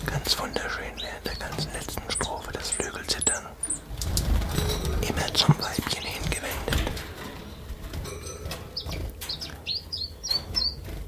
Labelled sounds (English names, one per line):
Common Chiffchaff